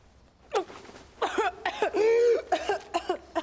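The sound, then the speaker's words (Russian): In a film scene, the character Maria coughs up blood: one sharp cough, then a rapid run of strained, wet, gagging coughs with raspy voiced heaves, loud and close together. “Мария кашляет кровью.”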